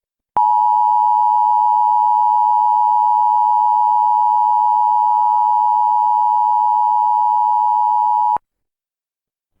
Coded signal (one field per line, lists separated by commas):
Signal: Emergency Alert System (SAME) tones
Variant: 853 and 960 Hz attention tone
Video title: EAS #660-661: 2 EAS Required Monthly Tests- July 7, 2022- 10:15AM PDT